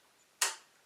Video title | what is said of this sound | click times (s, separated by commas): Got My Finger Stuck! (In a Thread Cone) - Baby Lock Imagine Serger - BLE1AT | should hear a snap and then I come down to the front and do that again on the front and | 0.4 s